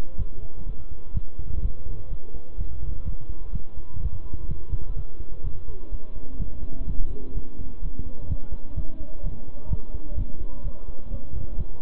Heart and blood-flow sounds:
heart sounds by stethoscope; between the tricuspid and mitral areas; 126 bpm
0.18 s: heartbeat
0.67 s: heartbeat
1.14 s: heartbeat
1.62 s: heartbeat
2.10 s: heartbeat
2.58 s: heartbeat
3.06 s: heartbeat
3.53 s: heartbeat
4.01 s: heartbeat
4.49 s: heartbeat
4.97 s: heartbeat
5.44 s: heartbeat
5.92 s: heartbeat
6.40 s: heartbeat
6.87 s: heartbeat
7.35 s: heartbeat
7.83 s: heartbeat
8.30 s: heartbeat
8.77 s: heartbeat
9.24 s: heartbeat
9.71 s: heartbeat
10.17 s: heartbeat
10.64 s: heartbeat
11.11 s: heartbeat
11.58 s: heartbeat
From the record:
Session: bicycle stress test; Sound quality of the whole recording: good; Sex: male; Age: 23 years

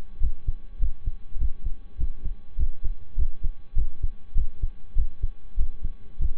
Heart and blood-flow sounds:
heart sounds by stethoscope; between the tricuspid and mitral areas; 100 bpm
0.17 s: heartbeat
0.76 s: heartbeat
1.36 s: heartbeat
1.95 s: heartbeat
2.54 s: heartbeat
3.13 s: heartbeat
3.73 s: heartbeat
4.32 s: heartbeat
4.93 s: heartbeat
5.54 s: heartbeat
6.16 s: heartbeat
From the record:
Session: slow and fast walking with breaks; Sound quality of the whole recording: saturated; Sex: male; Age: 25 years

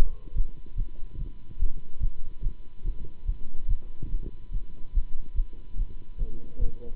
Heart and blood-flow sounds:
heart sounds by stethoscope; between the tricuspid and mitral areas; 144 bpm
0.35 s: heartbeat
0.76 s: heartbeat
1.17 s: heartbeat
1.58 s: heartbeat
2.00 s: heartbeat
2.41 s: heartbeat
2.83 s: heartbeat
3.25 s: heartbeat
3.67 s: heartbeat
4.09 s: heartbeat
4.51 s: heartbeat
4.93 s: heartbeat
5.35 s: heartbeat
5.76 s: heartbeat
6.17 s: heartbeat
6.58 s: heartbeat
From the record:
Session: Bruce protocol treadmill stress test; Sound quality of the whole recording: good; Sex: male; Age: 26 years

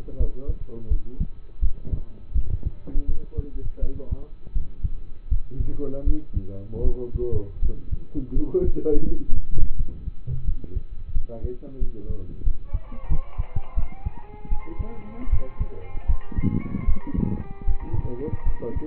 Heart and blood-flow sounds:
heart sounds by stethoscope; between the tricuspid and mitral areas; 82 bpm
0.16 s: heartbeat
0.88 s: heartbeat
1.59 s: heartbeat
2.33 s: heartbeat
3.05 s: heartbeat
3.79 s: heartbeat
4.52 s: heartbeat
5.28 s: heartbeat
6.04 s: heartbeat
6.81 s: heartbeat
7.59 s: heartbeat
8.33 s: heartbeat
9.05 s: heartbeat
9.76 s: heartbeat
10.44 s: heartbeat
11.12 s: heartbeat
11.78 s: heartbeat
12.43 s: heartbeat
13.07 s: heartbeat
13.74 s: heartbeat
14.48 s: heartbeat
15.29 s: heartbeat
16.06 s: heartbeat
16.85 s: heartbeat
17.65 s: heartbeat
18.43 s: heartbeat
From the record:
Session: rest, lying down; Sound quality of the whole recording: partially saturated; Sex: male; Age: 27 years

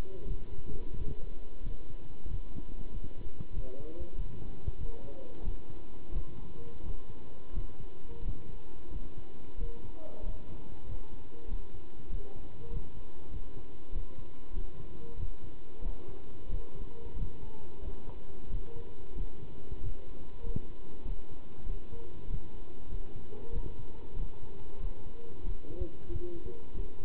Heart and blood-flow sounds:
heart sounds by stethoscope; between the tricuspid and mitral areas; 93 bpm
0.26 s: heartbeat
0.97 s: heartbeat
1.64 s: heartbeat
2.28 s: heartbeat
2.91 s: heartbeat
3.54 s: heartbeat
4.16 s: heartbeat
4.78 s: heartbeat
5.44 s: heartbeat
6.13 s: heartbeat
6.83 s: heartbeat
7.54 s: heartbeat
8.23 s: heartbeat
8.91 s: heartbeat
9.58 s: heartbeat
10.24 s: heartbeat
10.86 s: heartbeat
11.49 s: heartbeat
12.10 s: heartbeat
12.71 s: heartbeat
13.31 s: heartbeat
13.93 s: heartbeat
14.54 s: heartbeat
15.17 s: heartbeat
15.83 s: heartbeat
16.50 s: heartbeat
17.17 s: heartbeat
17.82 s: heartbeat
18.50 s: heartbeat
19.16 s: heartbeat
19.81 s: heartbeat
20.44 s: heartbeat
21.06 s: heartbeat
21.67 s: heartbeat
22.28 s: heartbeat
22.90 s: heartbeat
23.53 s: heartbeat
24.17 s: heartbeat
24.81 s: heartbeat
25.44 s: heartbeat
26.10 s: heartbeat
26.75 s: heartbeat
From the record:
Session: pedaling a stationary bicycle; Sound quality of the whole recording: good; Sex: male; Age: 27 years

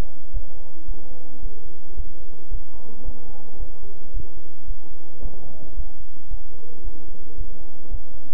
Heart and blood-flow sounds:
heart sounds by stethoscope; between the tricuspid and mitral areas; 111 bpm
0.31 s: heartbeat
0.86 s: heartbeat
1.40 s: heartbeat
1.95 s: heartbeat
2.49 s: heartbeat
3.03 s: heartbeat
3.58 s: heartbeat
4.12 s: heartbeat
4.66 s: heartbeat
5.20 s: heartbeat
5.75 s: heartbeat
6.29 s: heartbeat
6.82 s: heartbeat
7.36 s: heartbeat
7.89 s: heartbeat
From the record:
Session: bicycle stress test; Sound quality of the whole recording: good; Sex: male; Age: 26 years

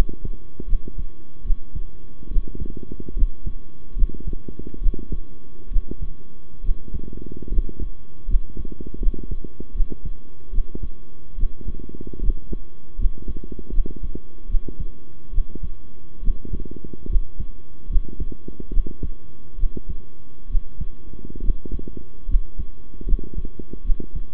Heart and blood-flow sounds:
heart sounds by stethoscope; between the tricuspid and mitral areas; 73 bpm
0.67 s: heartbeat
1.44 s: heartbeat
2.30 s: heartbeat
3.15 s: heartbeat
3.95 s: heartbeat
4.80 s: heartbeat
5.70 s: heartbeat
6.63 s: heartbeat
7.50 s: heartbeat
8.27 s: heartbeat
9.00 s: heartbeat
9.74 s: heartbeat
10.52 s: heartbeat
11.37 s: heartbeat
12.21 s: heartbeat
12.98 s: heartbeat
13.72 s: heartbeat
14.48 s: heartbeat
15.32 s: heartbeat
16.22 s: heartbeat
17.08 s: heartbeat
17.89 s: heartbeat
18.71 s: heartbeat
19.57 s: heartbeat
20.49 s: heartbeat
21.42 s: heartbeat
22.27 s: heartbeat
23.06 s: heartbeat
23.83 s: heartbeat
From the record:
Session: rest, sitting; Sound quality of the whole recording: good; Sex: male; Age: 23 years

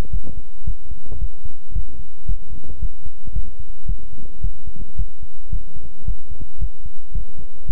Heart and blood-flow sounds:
heart sounds by stethoscope; between the tricuspid and mitral areas; 111 bpm
0.10 s: heartbeat
0.64 s: heartbeat
1.18 s: heartbeat
1.72 s: heartbeat
2.26 s: heartbeat
2.79 s: heartbeat
3.33 s: heartbeat
3.86 s: heartbeat
4.41 s: heartbeat
4.95 s: heartbeat
5.50 s: heartbeat
6.05 s: heartbeat
6.58 s: heartbeat
7.12 s: heartbeat
7.66 s: heartbeat
From the record:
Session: pedaling a stationary bicycle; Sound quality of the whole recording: good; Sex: male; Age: 24 years

